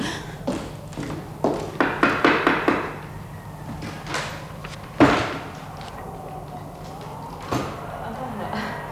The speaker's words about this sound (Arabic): الباب، سأفتح الباب.